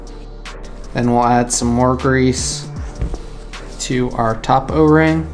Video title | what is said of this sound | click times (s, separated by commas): UPGRADING the fuel system in the FC RX7 to get ready for a TURBO! | and slide on our sleeve and you should hear it snap and we'll | 0.5 s